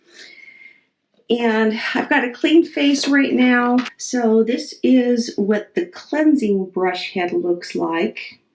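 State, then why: Not seated. Someone talks while holding a cleansing brush head for the Duvolle Radiance Spin-Care System facial spin brush handle, about to push it onto the handle. A faint high tone opens the clip before the talking begins. Nothing has seated or clicked yet.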